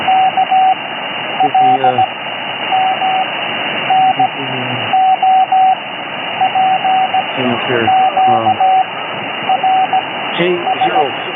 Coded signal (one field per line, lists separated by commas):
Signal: Morse code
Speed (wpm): 17 wpm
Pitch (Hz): 760 Hz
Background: speech, radio noise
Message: K L M N O P Q R S